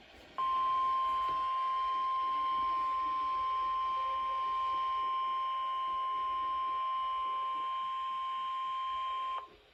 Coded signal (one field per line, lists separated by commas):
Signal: Emergency Alert System (SAME) tones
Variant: 1050 Hz attention tone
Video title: First EAS of 2023!! Required weekly test